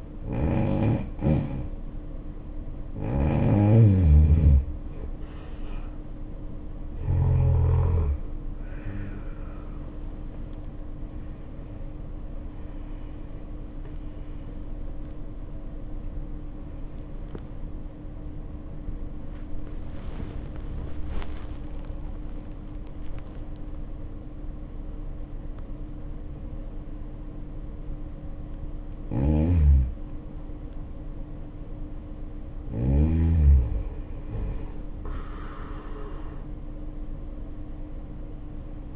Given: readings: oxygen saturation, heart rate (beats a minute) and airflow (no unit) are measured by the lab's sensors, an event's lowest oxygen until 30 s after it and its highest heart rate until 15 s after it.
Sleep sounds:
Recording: a person awake in a sleep study, by a smartphone at the bedside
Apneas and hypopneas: none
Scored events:
0.00-30.00 s: awake
22.00-38.96 s: new sleep stage, N1 (lightest sleep)
From the record:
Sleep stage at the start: awake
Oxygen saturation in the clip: 80 to 95%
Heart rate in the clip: 58 to 84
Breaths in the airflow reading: 7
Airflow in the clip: -8.0 to 9.0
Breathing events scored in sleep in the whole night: 520 in 7.2 hours asleep

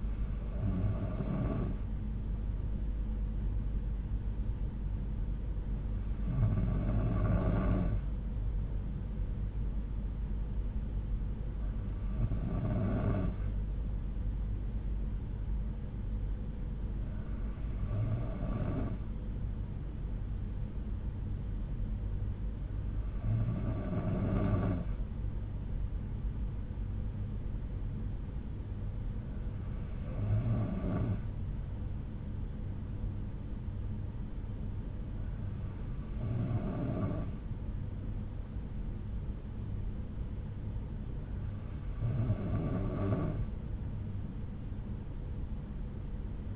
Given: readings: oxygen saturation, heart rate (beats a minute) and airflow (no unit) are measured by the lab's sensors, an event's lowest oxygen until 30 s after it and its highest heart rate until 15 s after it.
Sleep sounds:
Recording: breathing in sleep by a smartphone at the bedside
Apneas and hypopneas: none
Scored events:
none scored
From the record:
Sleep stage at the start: N3 (deep sleep)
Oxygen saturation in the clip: 92%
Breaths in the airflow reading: 8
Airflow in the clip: -5.9 to 3.4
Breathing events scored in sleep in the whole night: 368 in 8.0 hours asleep

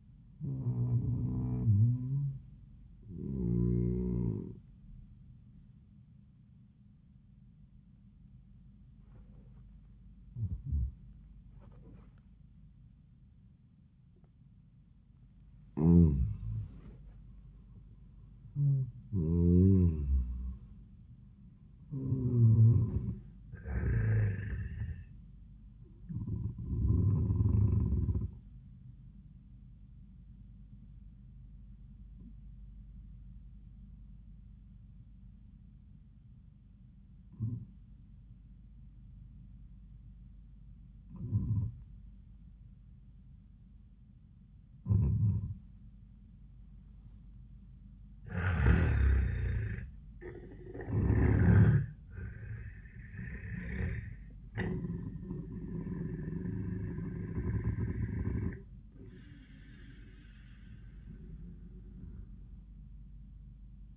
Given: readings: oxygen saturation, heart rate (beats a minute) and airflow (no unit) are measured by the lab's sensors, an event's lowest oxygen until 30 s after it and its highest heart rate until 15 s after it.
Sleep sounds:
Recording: breathing in sleep by a smartphone at the bedside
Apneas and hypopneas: 2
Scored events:
4.00-17.30 s: hypopnea (N1, oxygen 95% highest, then 90% lowest, heart rate 88 at the start, 91 highest)
30.00-50.50 s: hypopnea (N1, oxygen 97% highest, then 87% lowest)
33.00-63.97 s: new sleep stage, N2 (light sleep)
From the record:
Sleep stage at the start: N1 (lightest sleep)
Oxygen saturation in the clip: 89 to 97%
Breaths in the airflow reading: 9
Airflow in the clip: -18.7 to 22.4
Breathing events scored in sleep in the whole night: 400 in 8.7 hours asleep

